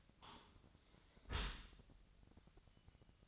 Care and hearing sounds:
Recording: daily activity, microphone in the room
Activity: close dishwasher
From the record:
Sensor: 3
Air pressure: 1003.0 hPa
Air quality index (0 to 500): 197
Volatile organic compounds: 6 ppm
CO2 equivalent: 1920 ppm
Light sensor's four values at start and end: 19/48/20/21 and 19/48/20/21

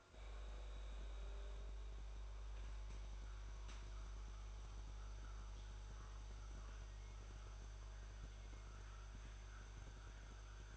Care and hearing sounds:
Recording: daily activity, microphone in the room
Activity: make coffee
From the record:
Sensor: 2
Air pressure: 1004.1 hPa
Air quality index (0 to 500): 191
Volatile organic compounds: 11 ppm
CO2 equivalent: 2290 ppm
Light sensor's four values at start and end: 4/11/4/4 and 4/11/4/4

